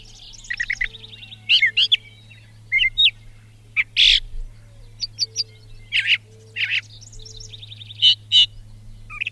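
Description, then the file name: Brown thrasher song: a run of varied, separate phrases, including buzzy trills and sharp downslurred notes, each lasting under a second with short pauses between, over a faint steady low hum. "suara-kicauan-brown-thraser omkicau"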